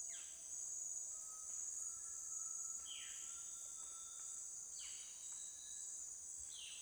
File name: Peru Exterior Atmosphere Jungle Daytime Birds Cicada Crickets Insects